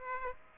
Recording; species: mosquito wingbeat signal from an infrared sensor; Aedes aegypti